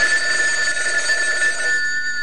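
A telephone rings with a steady, high electronic trill that holds unbroken for a couple of seconds at a fairly loud level, with no voices.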